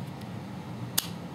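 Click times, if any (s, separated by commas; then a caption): 1.0 s. A small CRKT Folts Minimalist fixed-blade knife is pushed into its molded belt sheath, worn on the left side. A single sharp click sounds at 0.99 s as it snaps home, and the knife is seated securely in the sheath.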